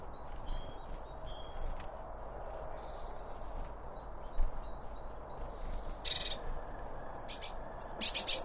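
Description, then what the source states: Birds calling: thin whistled notes and short buzzy bursts scattered through, ending with a loud rapid trill, over a steady low background rumble. Birds around a bird feeder, recorded with two Line Audio OM1 microphones.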